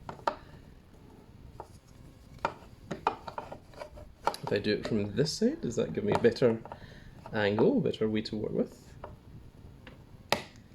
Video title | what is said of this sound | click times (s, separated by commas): Egg Mobile Playset with exclusive Sonic the Hedgehog & Dr Eggman Classic Figure Unboxing Part 2 of 2 | oh there we go okay no it just finally clicked um I | 10.3 s